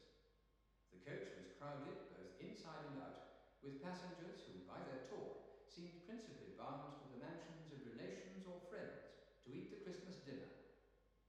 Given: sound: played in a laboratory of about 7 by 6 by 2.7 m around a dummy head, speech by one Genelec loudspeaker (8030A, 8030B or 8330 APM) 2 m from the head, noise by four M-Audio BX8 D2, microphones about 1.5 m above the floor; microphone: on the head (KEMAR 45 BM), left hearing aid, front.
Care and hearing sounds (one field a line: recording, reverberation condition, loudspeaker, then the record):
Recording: male speech in English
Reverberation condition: high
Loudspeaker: behind (180 degrees)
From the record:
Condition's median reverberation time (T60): about 1300 ms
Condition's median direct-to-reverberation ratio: about -4.0 dB